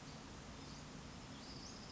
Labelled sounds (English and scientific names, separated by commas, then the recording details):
Western Flycatcher (Empidonax difficilis)
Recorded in Sonoma County, California